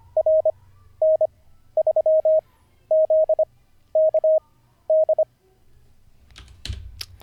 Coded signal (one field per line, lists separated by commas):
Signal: Morse code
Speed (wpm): 25 wpm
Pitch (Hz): 630 Hz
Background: none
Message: RN3ZKD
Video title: N0SSC Learns Morse Code [Day 46]